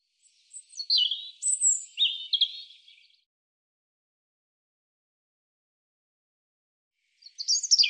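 European robin song: a thin, tumbling phrase of high trills and sweet notes lasting about three seconds, silence, then another high phrase begins.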